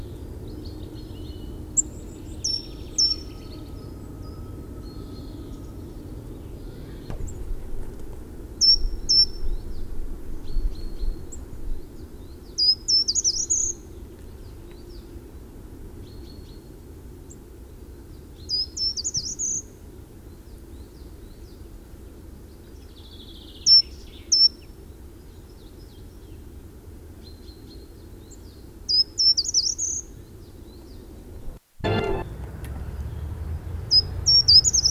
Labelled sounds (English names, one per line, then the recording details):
Short-toed Treecreeper song
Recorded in the wild
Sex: male
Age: adult
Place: Erlangen, Bayern, DE
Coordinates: 49.5675, 11.0142
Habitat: forest
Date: 1964-03-24
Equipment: Vollspur, Parabolspiegel Grampian
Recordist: Tretzel, Erwin
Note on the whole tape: Brucker Lache, Teil Bruck: Gartenbaumläufer: Gesang